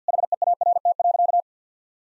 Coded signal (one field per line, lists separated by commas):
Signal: Morse code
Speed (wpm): 50 wpm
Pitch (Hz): 700 Hz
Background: none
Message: HEART.